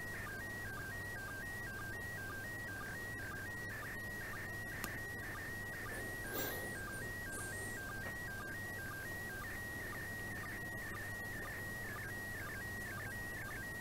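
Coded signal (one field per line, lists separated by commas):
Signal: SSTV (slow-scan television)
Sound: steady warbling tone jumping between two pitches, with short low blips twice a second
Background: radio static, low hum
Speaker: i nareszcie udało się bardzo silny sygnał akurat rzem na taśmę tenel odu doł minuta widoczności piękny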